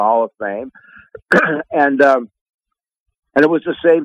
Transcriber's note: coughs